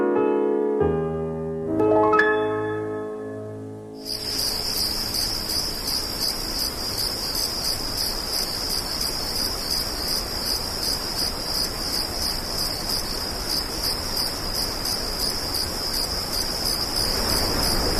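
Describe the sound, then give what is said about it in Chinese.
A steady, shrill chorus of crickets chirps continuously in rapid high-pitched pulses, preceded by a few seconds of tonal music that ends abruptly as the insects take over. “怀念蛐蛐和蟋蟀的叫声吗？”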